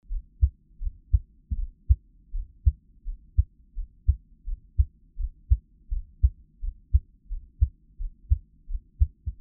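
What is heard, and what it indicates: Steady, regular low heartbeat thumps at about 85 beats per minute from an adult's own heart, heard up close as Taiwanese ASMR, with no talking.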